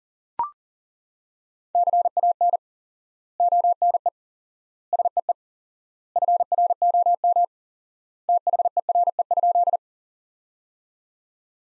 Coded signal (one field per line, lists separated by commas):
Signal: Morse code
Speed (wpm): 40 wpm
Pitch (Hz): 700 Hz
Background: none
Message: CAN ONE SEE FROM THERE?